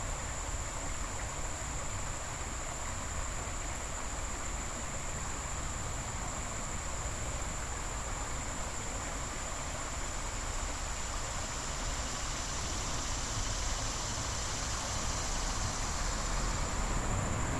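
Sligo Creek rushes in a dense, steady wash of water noise that fills everything from a low rumble to a bright hiss. A thin, constant high whine runs on top throughout, and the whole sound swells slightly louder over the last few seconds.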